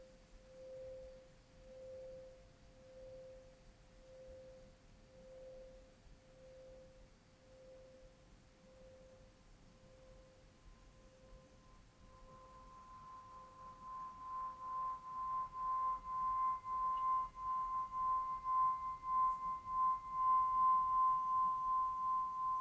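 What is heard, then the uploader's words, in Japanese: A temple bowl's low hum pulses slowly and softly for twelve seconds, then a brighter, louder ring swells in with a fast, steady wavering. 静岡県伊豆の国市 正蓮寺 本堂での「おりん」の音 by渡邉元浄さん（正蓮寺住職）。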